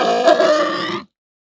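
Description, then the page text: Hampshire pig uttering a single strained, nasal squealing grunt, then silence. Pig grunting, squealing and begging. "Hampshire Pig Grunt Squeal Begging. Quick Sounds"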